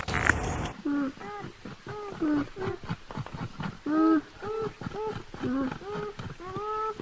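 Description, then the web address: Beaver whining calls, a brief loud noise burst at the start, then a run of short nasal, harmonic whines repeated in quick succession, some rising and falling in pitch. "animal-sound beaver-sound"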